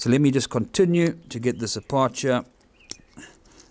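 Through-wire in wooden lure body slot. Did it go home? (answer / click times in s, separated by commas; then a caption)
released / 2.9 s, 3.6 s. Someone talks while taking apart a handmade six-piece segmented wooden garfish swim-bait lure, pulling the bent straight-through wire out of the slotted recesses in the lure body. After the talking stops, the wire clicks out of its recess with a sharp click at 2.9 s and a quieter one at 3.6 s, releasing it.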